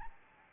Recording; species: mosquito wingbeat signal from an infrared sensor; Aedes albopictus